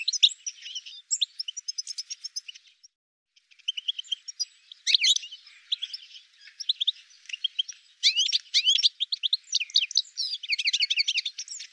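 Bird calls: busy high-pitched chirping and twittering in bursts, a brief pause near three seconds, then fast sweeping notes crowding together toward the end.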